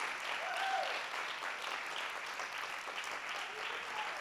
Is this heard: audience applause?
yes